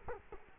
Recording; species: mosquito wingbeat signal from an infrared sensor; Culex quinquefasciatus